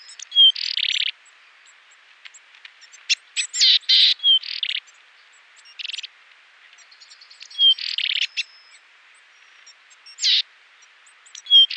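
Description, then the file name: Willow tit calling: short thin high notes followed by bursts of buzzy, nasal rasping notes, repeated irregularly across the recording. "CZARNOGLOWKA"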